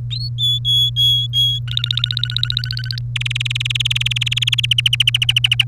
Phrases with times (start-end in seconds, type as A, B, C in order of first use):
0.10-0.29 A, 0.38-1.59 B, 1.68-2.99 C, 3.16-4.66 D, 4.71-5.64 E